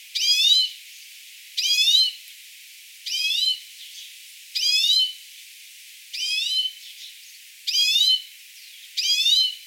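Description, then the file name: European greenfinch repeating a buzzy nasal wheeze about every one and a half seconds, seven times. "Chloris chloris"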